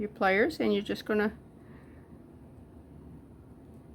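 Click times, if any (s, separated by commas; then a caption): none. Someone talks about closing the two ends of a metal jewelry component on a string bracelet with pliers where they meet. After the speech, only faint low background noise remains. Nothing has snapped or seated yet.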